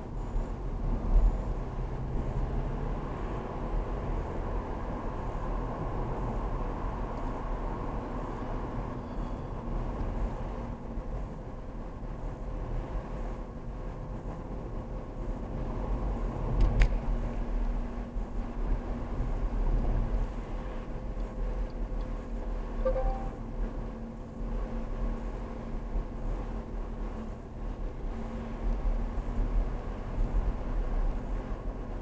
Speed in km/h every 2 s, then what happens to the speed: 44, 52, 53, 50, 48, 48, 48, 48, 48, 48, 47, 50, 47, 50, 50, 52.
0-3 speeds up to 53. 3-32 steady at about 48.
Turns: none.